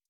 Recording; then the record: hydrophone in a shrimp aquaculture tank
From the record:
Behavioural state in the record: stressed